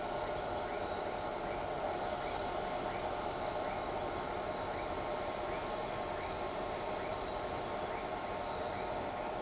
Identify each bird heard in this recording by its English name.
none